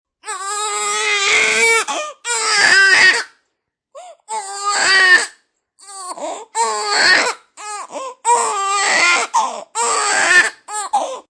Infant Baby Crying.